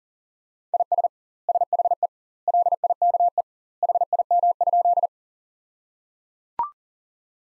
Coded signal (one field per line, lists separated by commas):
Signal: Morse code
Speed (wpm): 37 wpm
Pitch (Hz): 700 Hz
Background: none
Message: IS SHE LIKE HIM?